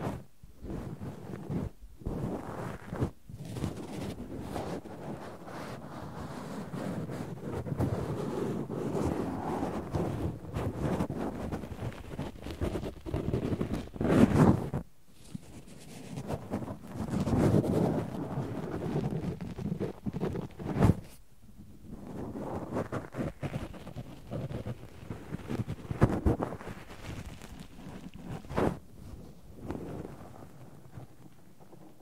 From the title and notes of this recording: ASMR No Talking Extreme Cotton and Tweezers Tingles!